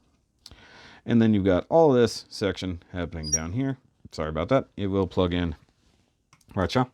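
The plastic plug end of an extra part from an HGBD:R ReRising Gundam model kit is pushed into its socket on the combining model, giving a sharp click at 0.5 s. Someone then talks over the rest of the clip, and another brief tap is heard near the end. The plug is seated in the socket.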